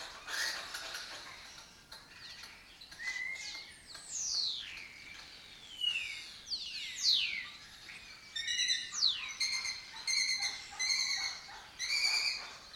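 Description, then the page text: Lesser kestrel calls: several sweeping squeals, then rapid, harsh, nasal chattering notes repeated in quick series toward the end. Breeding colony occupying an abandoned building complex in Doñana, southern Europe; migratory raptor that forages in West Africa and breeds in southern Europe. "Lesser Kestrels Took Over an Abandoned Building - A migratory raptor wich spends its foraging time in West Africa and breeds in southern Europe. Here in Doñana"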